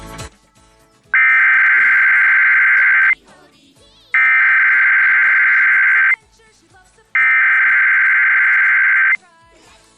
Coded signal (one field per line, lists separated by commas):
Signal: Emergency Alert System (SAME) tones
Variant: header bursts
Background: speech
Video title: Wisconsin Required Monthly Test on WMVS Milwaukee, WI (Milwaukee PBS) (7/6/22) (EAS #25)